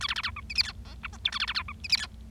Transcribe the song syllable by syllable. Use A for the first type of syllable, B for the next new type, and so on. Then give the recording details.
A B B C D E F G H I J K A B B C D E F G. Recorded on 25 March 2012 at 12:44. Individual gy6or6